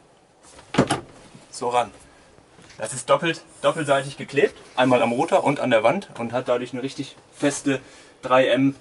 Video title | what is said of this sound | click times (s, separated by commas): Premium Internet im WOHNMOBIL - Einbau der neuen GIBAnet im CARADO I447 - mit VERLOSUNG - | und wenn ich wieder einsätze dann klickt das auch wieder so | 0.9 s